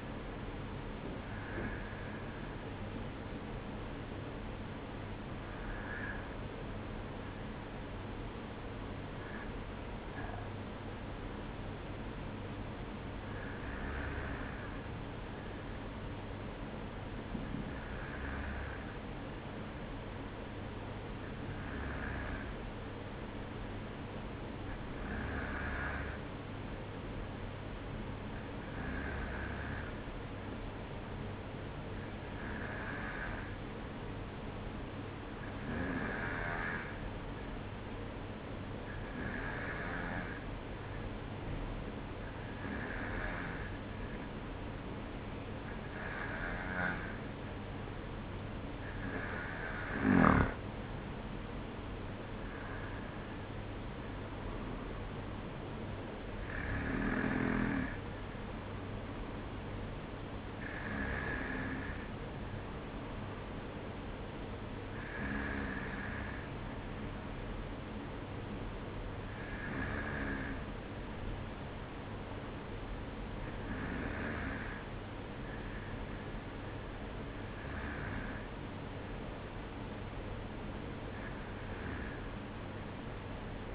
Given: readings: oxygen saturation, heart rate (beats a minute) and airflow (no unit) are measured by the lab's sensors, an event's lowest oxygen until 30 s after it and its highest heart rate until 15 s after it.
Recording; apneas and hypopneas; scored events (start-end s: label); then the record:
breathing in sleep by a voice recorder at the bedside; 1
4.00-49.80 s: hypopnea (N2, oxygen 95% highest, then 93% lowest, heart rate 54 at the start, 56 highest)
From the record:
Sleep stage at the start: N2 (light sleep); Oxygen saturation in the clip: 93 to 95%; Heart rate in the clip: 52 to 56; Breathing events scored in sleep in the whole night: 305 in 9.6 hours asleep